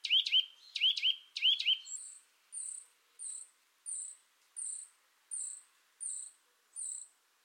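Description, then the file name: Eurasian nuthatch giving three sharp, loud double calls in the first two seconds, followed by a series of thin, high piping notes repeated about every 0.7 seconds. "Sitta europaea"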